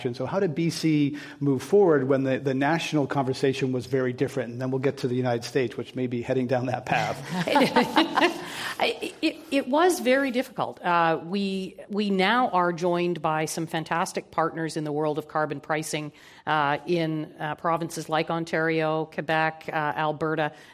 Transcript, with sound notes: So how did BC move forward when the national conversation was very different and then we’ll get to the United States, which may be heading down that path.
[Laughter]
It was very difficult. We now are joined by some fantastic partners in the world of carbon pricing in provinces like Ontario, Quebec, Alberta.